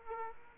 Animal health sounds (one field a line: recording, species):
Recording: mosquito wingbeat signal from an infrared sensor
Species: Aedes aegypti